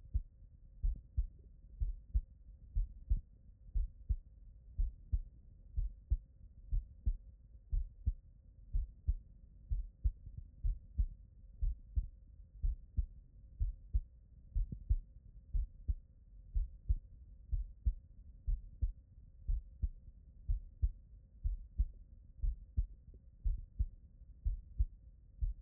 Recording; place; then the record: heart sounds by stethoscope; tricuspid valve (TV)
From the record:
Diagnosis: non-HFrEF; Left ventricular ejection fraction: 64%